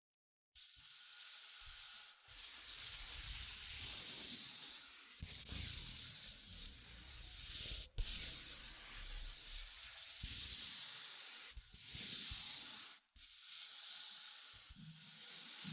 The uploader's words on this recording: ASMR Simple But Effective Tapping, Scratching, Tracing and Panning (No Talking).